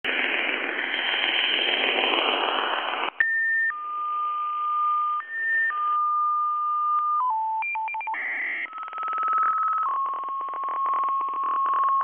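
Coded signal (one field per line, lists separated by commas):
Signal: HF data modem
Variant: F07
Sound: three seconds of hissing data, then stepping steady tones and buzzy warbling bursts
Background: radio static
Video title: F07 Data Mode 13/06/2024 2050 UTC 13389kHz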